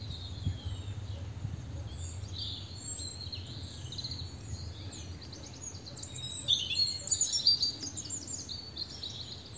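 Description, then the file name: European robin song: quiet, high, thin phrases at first, then louder sparkling trills, over a steady low rumble. "Erithacus rubecula"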